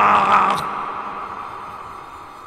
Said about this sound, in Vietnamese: Đến đây, con bướm rít lên một tiếng, làm cho không gian ở đây chấn động. Nó gầm lên hung dữ.